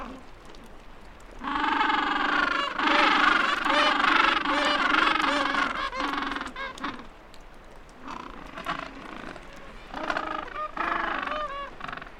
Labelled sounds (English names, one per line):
Gentoo Penguin call